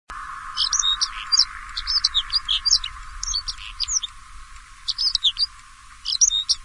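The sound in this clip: White-rumped snowfinch calls: clusters of sharp, high chirps in quick bursts, separated by brief pauses.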